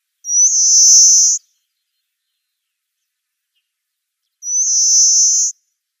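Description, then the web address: Pale rock sparrow song, two high drawn-out buzzy phrases, each about a second long and separated by roughly three seconds of silence. "Schulze Peter Pale Rock Sparrow song"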